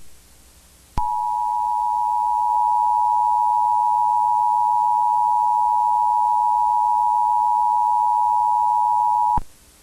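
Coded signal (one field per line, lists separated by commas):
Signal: Emergency Alert System (SAME) tones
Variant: 853 and 960 Hz attention tone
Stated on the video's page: Fictional EAS scenario about a cursed moon.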